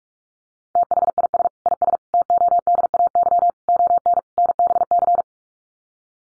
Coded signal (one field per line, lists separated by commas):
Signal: Morse code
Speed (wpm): 44 wpm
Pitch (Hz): 700 Hz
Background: none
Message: THIS IS TODAY ON NBC